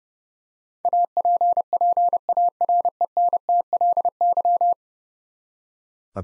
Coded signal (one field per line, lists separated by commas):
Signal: Morse code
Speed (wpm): 30 wpm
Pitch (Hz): 700 Hz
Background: none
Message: APPARENTLY